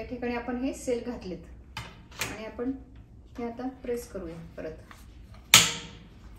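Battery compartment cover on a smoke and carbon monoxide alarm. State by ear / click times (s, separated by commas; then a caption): seated / 5.5 s. After cells are put into a smoke and carbon monoxide alarm, someone talks while the battery compartment cover is pressed shut. A sharp click is heard at 5.5 s as the cover snaps closed and seats.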